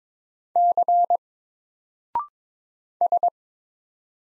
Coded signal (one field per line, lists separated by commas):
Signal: Morse code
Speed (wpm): 21 wpm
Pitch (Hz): 700 Hz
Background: none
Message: C S